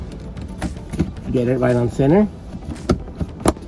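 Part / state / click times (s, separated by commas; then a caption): plastic trim cover on mirror mount / seated / 3.5 s. A plastic trim cover is centred over the rear view mirror mount of an Audi A3/Q3 and pushed in while someone talks, with small handling clicks and taps throughout. A sharp snap at 3.5 s marks the cover seating firmly in place.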